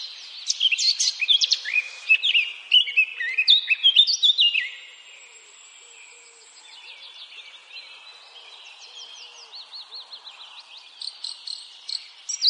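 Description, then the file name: Eurasian blackcap song opening with a loud, rapid jumble of warbled notes, then softer, thinner twittering that builds up again at the end. "Sylvia atricapilla"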